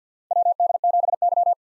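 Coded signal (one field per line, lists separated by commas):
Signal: Morse code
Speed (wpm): 50 wpm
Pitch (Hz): 700 Hz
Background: none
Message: WD7Y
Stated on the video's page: Common SOTA chaser call signs at 50 wpm for head-copy practice.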